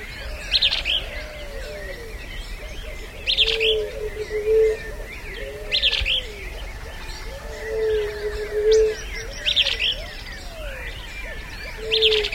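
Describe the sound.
Large elaenia song: short bursts repeated every few seconds, with low cooing notes and other birds behind.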